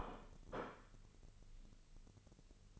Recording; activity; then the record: daily activity, microphone in the room; place plate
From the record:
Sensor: 4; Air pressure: 1008.3 hPa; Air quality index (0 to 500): 82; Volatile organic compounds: 1 ppm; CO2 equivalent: 651 ppm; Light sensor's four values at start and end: 14/32/13/13 and 14/32/13/13